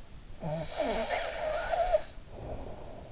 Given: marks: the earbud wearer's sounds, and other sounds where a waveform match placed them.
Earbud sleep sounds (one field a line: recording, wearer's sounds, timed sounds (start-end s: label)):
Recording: sounds in sleep by an in-ear microphone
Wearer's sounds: snoring breath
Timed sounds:
0.05-3.02 s: snoring breath